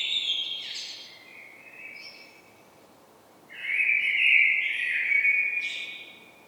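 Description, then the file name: Common blackbird song: a warbling phrase, a short quiet gap, then a longer mellow phrase ending in a high flourish. "Turdus merula"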